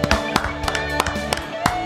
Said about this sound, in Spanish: Muchas gracias. Fuerte el aplauso